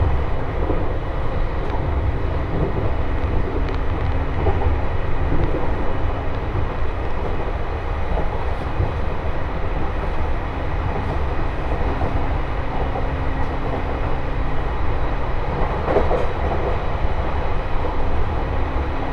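A train ride on the Tohoku Main Line between Koriyama and Fukushima: a steady, dense rumble fills the low end throughout, with a faint constant hum. Small clicks and rattles surface now and then, including a brief brighter squeal around sixteen seconds.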